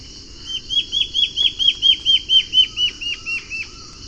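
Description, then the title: Black-faced antbird song: a quick series of about fifteen clear, downslurred whistled notes, swelling then fading and slowing at the end, with a faint lower note behind. Subspecies ochrolaemus, assumed from the recording location. "LuckyPassaro Completos2Sama. Black-faced Antbird (Myrmoborus myotherinus ochrolaemus (ssp assumed from location))"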